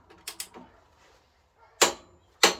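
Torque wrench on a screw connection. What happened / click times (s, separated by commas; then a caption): The torque wrench clicked at its set torque / 1.8 s, 2.4 s. A battery torque wrench set to 120 Nm fine tightening is run on the first screw of a screw connection. Two quieter mechanical clicks come early, then two sharp, loud clicks are heard at 1.8 s and 2.4 s. The wrench clicks out at the 120 Nm setting.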